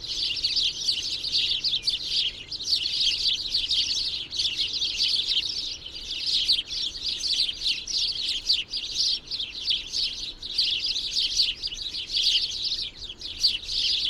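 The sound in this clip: Dense bird twittering, high thin chirps packed closely together in an unbroken stream with rhythmic swells.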